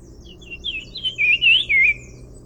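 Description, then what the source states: Brown-cheeked fulvetta call: thin, high warbled whistles, several quick wavering notes run together, with a low steady hum beneath. Recorded February 2011 at Agumbe, Karnataka, India.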